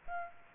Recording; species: mosquito wingbeat signal from an infrared sensor; Aedes aegypti